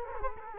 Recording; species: mosquito wingbeat signal from an infrared sensor; Culex quinquefasciatus